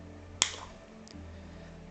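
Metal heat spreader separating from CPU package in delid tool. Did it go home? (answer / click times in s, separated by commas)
released / 0.4 s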